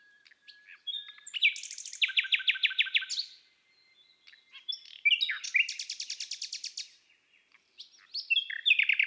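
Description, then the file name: Common nightingale singing varied phrases, each built from rapid repeated notes, with a loud buzzy rattle in the middle and short gaps between phrases. "Rossignol philomele Chants doiseaux des bois et des forets"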